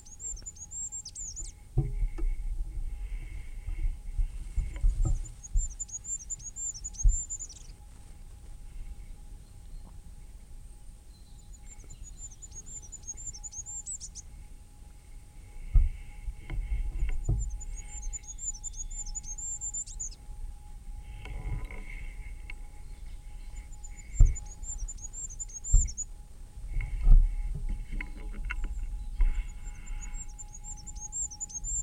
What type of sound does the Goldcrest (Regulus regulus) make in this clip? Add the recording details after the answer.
song. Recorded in the wild. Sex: male. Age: adult. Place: Freiburg, Baden-Württemberg, DE. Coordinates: 47.9842, 7.87667. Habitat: park. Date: 1960-03-24. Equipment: Vollspur. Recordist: Thielcke, Gerhard